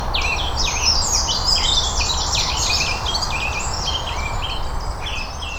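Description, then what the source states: Birds singing busily, many quick twittering notes in overlapping phrases, with a steady low rumble underneath throughout. Birdsong on Cadbury Hill.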